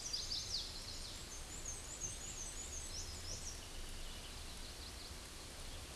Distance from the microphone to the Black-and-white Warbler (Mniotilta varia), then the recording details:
about 40 m. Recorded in a Pennsylvania forest on 18 May 2023 at 13:50. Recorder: AudioMoth, point grid1_4_low. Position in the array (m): 90 m, 46 m